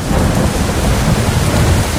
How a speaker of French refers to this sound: Bon, là, il y a de l'orage. Hop, là, il y a toujours de l'orage.